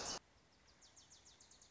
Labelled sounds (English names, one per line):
Wilson's Warbler